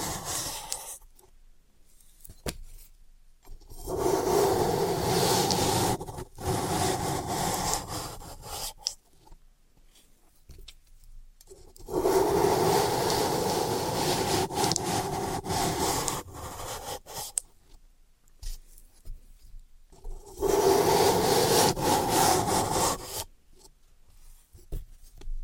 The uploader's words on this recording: Dry vs Wet Floral Foam Tapping, Cutting and Crushing. (No Talking).